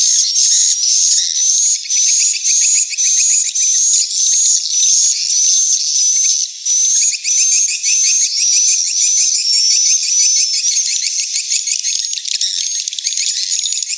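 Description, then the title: Swiftlet calls, short rising chirps with a rattling trill repeated about twice a second, growing into a denser twittering chorus toward the end. Swiftlet house lure sound from Tien Giang, Vietnam, AKAU brand track used to attract swiftlets to a bird house. "Am thanh nha yen Akau Vietnam - Tien giang"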